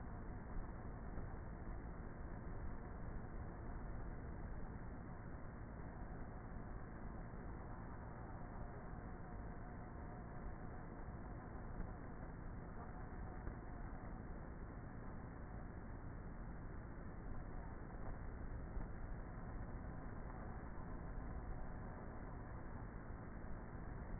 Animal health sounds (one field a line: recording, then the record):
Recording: honeybee colony, microphone inside the hive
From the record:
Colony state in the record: queenless with a low population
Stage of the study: before two queens were removed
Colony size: about 30,000 bees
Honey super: no